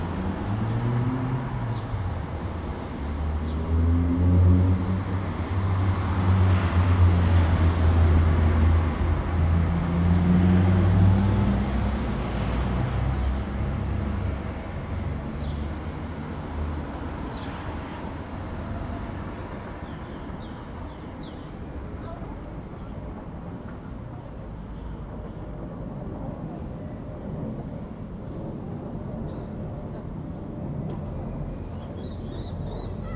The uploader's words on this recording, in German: Das Hochhaus im Bahnhof Fürth. Die typischen Geräusche aus ihrem Alltag.